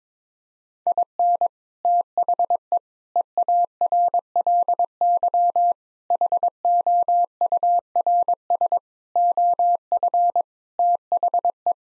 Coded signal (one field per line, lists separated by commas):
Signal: Morse code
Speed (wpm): 22 wpm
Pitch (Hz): 700 Hz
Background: none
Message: IN THE EARLY HOURS OF THE